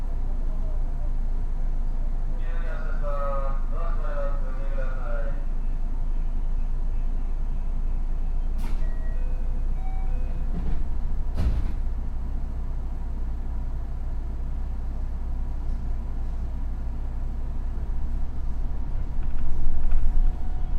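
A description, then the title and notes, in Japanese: Inside a JR West 207 series electric train running on the line, a steady low rumble fills the car throughout. Around three to five seconds a voice speaks briefly, likely an announcement, and sharp clicks or knocks come near nine and twelve seconds. JR西日本207系電車 学研都市線快速 京橋から木津まで。西日本旅客鉄道207系電車の走行音です。学研都市線の快速列車で録音しました。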